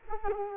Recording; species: mosquito wingbeat signal from an infrared sensor; Culex quinquefasciatus